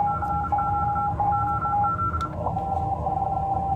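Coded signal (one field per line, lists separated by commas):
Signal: Morse code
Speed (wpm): 32 wpm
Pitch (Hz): 1350 Hz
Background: none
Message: CQ OZ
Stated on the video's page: CW contacts at 10 W on 40 and 20 m via a 55-foot end-fed half-wave wire 6 feet high, NVIS, during Michigan and Ontario QSO Parties.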